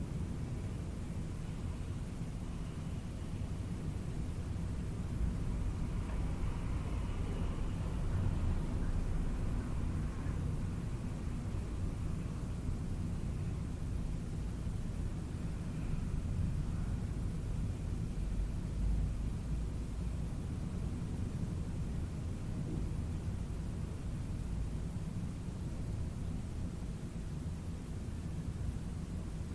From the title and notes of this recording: Howling Winds - A Serene and Soothing Soundscape. This audio track captures the gentle and soothing sound of winds as they rustle through trees and across open fields.